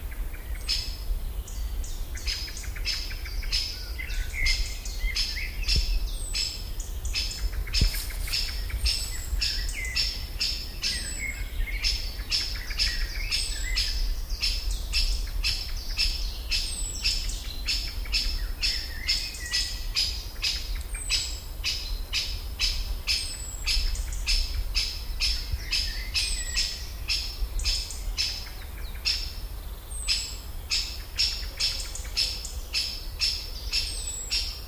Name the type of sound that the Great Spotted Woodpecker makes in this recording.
call